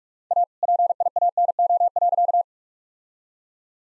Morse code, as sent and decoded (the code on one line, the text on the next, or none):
.- / .--. .. .- -. --- .-.-.-
A PIANO.